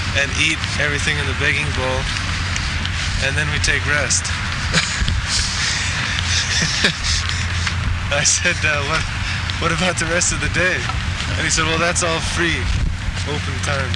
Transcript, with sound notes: and eat everything in the begging bowl. And then we take rest." [laughing] I said, "What about the rest of the day?" And he said, "Well, that's all free, open time."